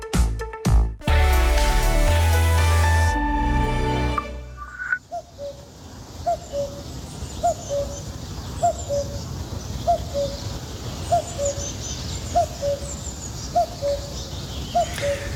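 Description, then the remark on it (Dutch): A brief burst of loud music gives way to a common cuckoo calling its two-note, falling "cu-koo" again and again at a steady pace, moderately loud over faint background hiss. “Zo goed had Marianne Smit uit Jouren de koekoek nog nooit gehoord.”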